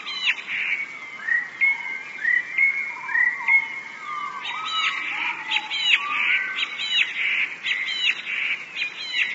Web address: wroblowe teka 2 spiew. wroblowe teka modraszkoteka